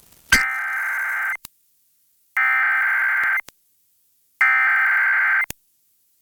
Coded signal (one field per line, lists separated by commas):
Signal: Emergency Alert System (SAME) tones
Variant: header bursts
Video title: WJFK (106.7 The Fan) Required Weekly Test on December 18th, 2021 - EAS 77